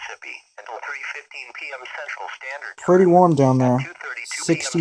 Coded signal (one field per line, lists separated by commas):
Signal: Emergency Alert System (SAME) tones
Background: speech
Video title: EAS 52 and 53 Severe Thunderstorm Warnings